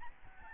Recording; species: mosquito wingbeat signal from an infrared sensor; Aedes albopictus